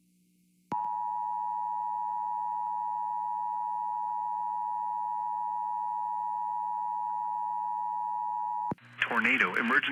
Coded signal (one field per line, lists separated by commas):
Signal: Emergency Alert System (SAME) tones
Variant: 853 and 960 Hz attention tone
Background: speech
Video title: [EAS] Tornado EMERGENCY essex Iowa